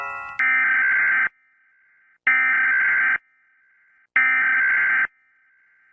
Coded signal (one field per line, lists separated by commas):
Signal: Emergency Alert System (SAME) tones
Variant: header bursts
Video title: Eas alarms ⏰️